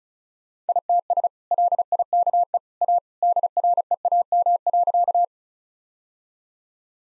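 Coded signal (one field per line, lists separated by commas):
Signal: Morse code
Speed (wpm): 36 wpm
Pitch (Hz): 700 Hz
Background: none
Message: ITS LIKE A DREAM.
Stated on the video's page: Morse practice drill at 35 wpm, sentences of common two-word phrases, each sent twice.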